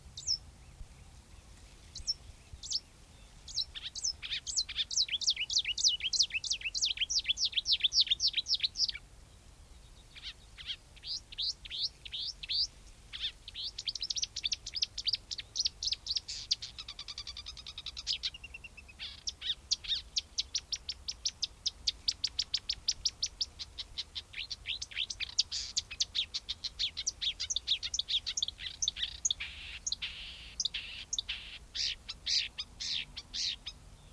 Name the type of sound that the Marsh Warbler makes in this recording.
song